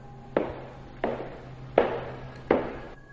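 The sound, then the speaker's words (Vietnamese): Four hollow wooden clacks of clog footsteps in a hallway land at a slow, steady pace, each a sharp knock with a brief ringing tail over a low steady hum. “Đúng lúc ấy, ở bên ngoài hành lang, Vũ mơ hồ, Vũ giọng tai nghe là tiếng bước chân lộc cả lộc cọc.”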